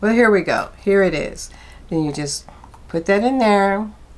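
A refillable lipstick bullet is handled and about to be pushed into its plastic/metal lipstick case while someone talks. Soft handling sounds sit beneath the talking, and the refill has not yet seated or clicked into the case when the clip ends.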